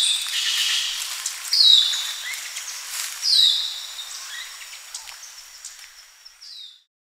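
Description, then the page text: Hair-crested drongo uttering two clear falling whistled notes, then a fainter note near the end, with steady background hiss. "Hair-Crested Drongo Calls. Quick Sounds"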